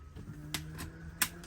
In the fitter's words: I want to make sure the seat belt snaps in place and it's tight and secure